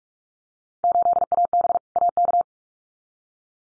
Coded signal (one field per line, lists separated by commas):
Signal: Morse code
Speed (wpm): 44 wpm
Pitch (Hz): 700 Hz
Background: none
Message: 8AB AK